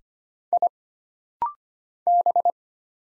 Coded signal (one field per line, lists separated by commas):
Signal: Morse code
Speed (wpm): 25 wpm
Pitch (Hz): 700 Hz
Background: none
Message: I B